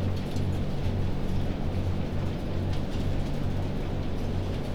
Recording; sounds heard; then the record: poultry house recording; no chicken sound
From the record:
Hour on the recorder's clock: 0